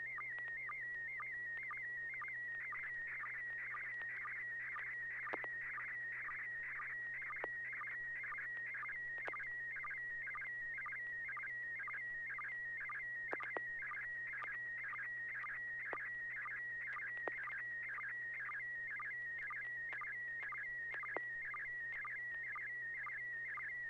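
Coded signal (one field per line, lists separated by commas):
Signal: SSTV (slow-scan television)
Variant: PD120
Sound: warbling high tone with rapid regular chirping dips, a few sharp clicks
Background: low mains hum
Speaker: okay let's give it a try Piggy 120.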